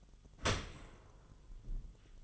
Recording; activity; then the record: daily activity, microphone in the room; open dishwasher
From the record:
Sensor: 4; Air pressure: 1005.6 hPa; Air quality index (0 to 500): 109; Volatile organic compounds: 3 ppm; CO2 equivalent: 1355 ppm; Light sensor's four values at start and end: 11/25/10/10 and 11/25/10/10